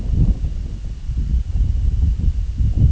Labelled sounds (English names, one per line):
none